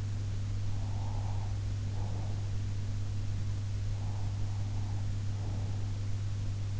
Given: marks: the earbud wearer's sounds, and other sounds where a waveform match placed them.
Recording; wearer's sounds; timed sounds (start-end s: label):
sounds in sleep by an in-ear microphone; breath
0.79-2.51 s: breath
3.91-5.81 s: breath